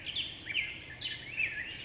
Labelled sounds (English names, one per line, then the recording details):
California Towhee
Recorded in Sonoma County, California